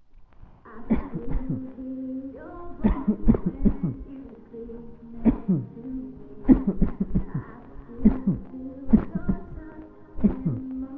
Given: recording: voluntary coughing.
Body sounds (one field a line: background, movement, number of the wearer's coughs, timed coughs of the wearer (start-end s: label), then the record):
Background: music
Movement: sitting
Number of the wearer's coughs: 13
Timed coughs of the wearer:
0.87-1.27 s: cough
1.27-1.63 s: cough
2.81-3.19 s: cough
3.25-3.58 s: cough
3.62-3.94 s: cough
5.22-5.63 s: cough
6.46-6.77 s: cough
6.79-7.12 s: cough
7.12-7.58 s: cough
8.02-8.36 s: cough
8.90-9.26 s: cough
9.26-9.56 s: cough
10.21-10.55 s: cough
From the record:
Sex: male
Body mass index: 20.5 kg/m2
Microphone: on the chest, facing the body